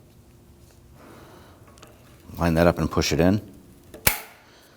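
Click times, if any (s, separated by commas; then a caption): 4.1 s. A rubber radiator mounting bushing, with its raised rubber side facing outward, is lined up and pushed into the new radiator of a 2001-2009 Volvo S60 2.5L L5. Someone talks, then a single sharp, loud click rings out at 4.1 s as the mount locks into place and seats.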